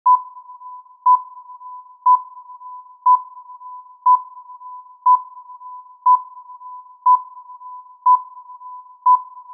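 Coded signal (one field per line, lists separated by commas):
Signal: none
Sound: countdown timer beeps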